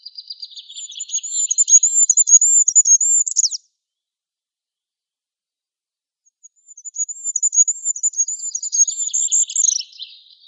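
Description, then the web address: Goldcrest singing two strophes of very high, thin, repeated see-saw notes, each ending in a quick trill, separated by about three seconds of silence. "Schulze Peter Goldcrest song"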